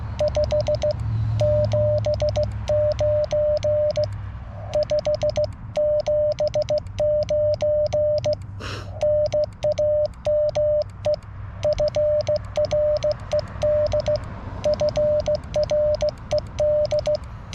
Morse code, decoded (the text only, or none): 5 79 579 NAME FRED FRED